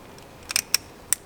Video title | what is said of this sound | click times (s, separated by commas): Honda Civic 1.5T RaceChip Tuning Installation - Accord - CR-V | sure it clicks into place then | 0.7 s, 1.1 s